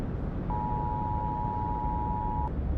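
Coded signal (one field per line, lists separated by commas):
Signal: Emergency Alert System (SAME) tones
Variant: 853 and 960 Hz attention tone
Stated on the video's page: Fictional EAS scenario in a simulated zombie-apocalypse radio broadcast.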